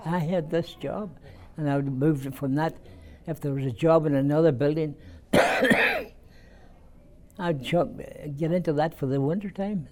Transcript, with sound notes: I had this job, and I moved from that, if there was a job in another building... (he coughs) I'd jump, get into that for the wintertime.